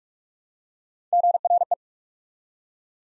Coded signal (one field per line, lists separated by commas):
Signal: Morse code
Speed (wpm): 44 wpm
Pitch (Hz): 700 Hz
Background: none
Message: GRE